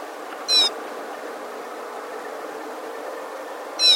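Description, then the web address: Rufous-necked snowfinch: a single squeaky high note, then another after about three seconds, over low steady noise. "animal rufous-necked-snowfinch-call"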